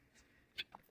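The front door of a laser printer, with its drum unit chip removed, is closed against the printer body. A sharp click at 0.6 s marks the door shutting and seating, followed by a smaller tick at about 0.75 s. The printer then starts warming up.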